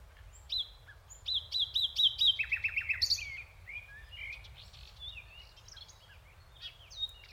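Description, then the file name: Common nightingale song with a quick series of repeated whistled notes, a throbbing run of lower notes, then softer varied chirps and twitters. "Luscinia megarhynchos"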